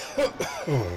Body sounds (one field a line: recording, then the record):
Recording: coughing mixed with background sound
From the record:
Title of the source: Dry Afternoon Cough